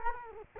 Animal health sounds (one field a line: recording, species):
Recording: mosquito wingbeat signal from an infrared sensor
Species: Culex quinquefasciatus